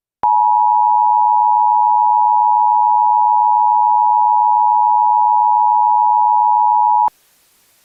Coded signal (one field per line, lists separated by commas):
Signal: Emergency Alert System (SAME) tones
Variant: 853 and 960 Hz attention tone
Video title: EAS Scenario: Ghost Trains Part 3